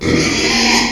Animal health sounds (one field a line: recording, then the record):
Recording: squeal of a Yucatan mini pig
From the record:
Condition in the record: after surgery on the right vocal fold (resection and tissue-engineered implant)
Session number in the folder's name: 2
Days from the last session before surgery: 13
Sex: male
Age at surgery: 12 weeks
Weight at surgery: 13 kg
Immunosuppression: cyclosporine, prednisolone